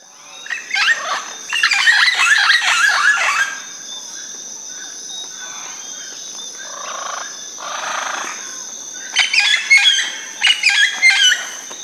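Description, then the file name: Red-tailed amazon giving harsh raspy squawks in two clusters, early and near the end, with quieter softer calls between and a constant high insect hum. Recorded at Itanhaém, Brazil, on 14 September 2017. "Amazona-brasiliensis-1-RPreto-Itanhaem-14-9-2017-ASilveira"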